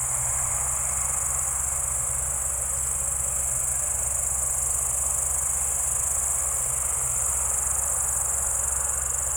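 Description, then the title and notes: Crickets keep up a dense, even high-pitched trill as a low motor throbs steadily in the background. Evening crickets at Spalona Pass, Bystrzyckie Mountains, Poland, 18 July 2024 around 19:00; old tractor mowing grass in the village below in background. "Spalona 6, 57-516, Polska - Spalona Pass - crickets and haymaking. Przełęcz Spalona w Górach Bystrzyckich. wieczorne świerszcze"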